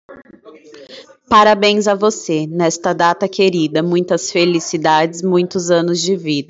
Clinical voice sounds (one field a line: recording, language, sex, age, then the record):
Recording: short text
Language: Brazilian Portuguese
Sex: female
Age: 20 to 29 years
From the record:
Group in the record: control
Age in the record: 28 years